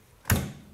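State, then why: Seated. The metal folding stock of a submachine gun is lifted from its folded detent and swung fully open, where a latch locks it in place. A sharp, loud click at 0.3 s is followed by a short, low ringing decay. The stock is seated, with a strong lock-up and only a tiny bit of wobble.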